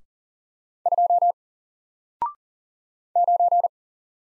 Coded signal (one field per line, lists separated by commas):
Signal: Morse code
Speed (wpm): 39 wpm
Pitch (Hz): 700 Hz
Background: none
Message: 2 9